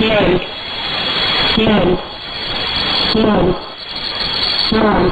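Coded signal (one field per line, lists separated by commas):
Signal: numbers station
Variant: S06s, Russian female voice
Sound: female voice reading short words at even intervals over hissy shortwave static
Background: radio static, faint carrier tone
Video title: 12 03 2019 S06s Russian Lady numbers station in Russian to Eu 0730 on 7425 unknown tx site USB+AM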